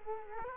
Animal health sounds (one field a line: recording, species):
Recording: mosquito wingbeat signal from an infrared sensor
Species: Culex quinquefasciatus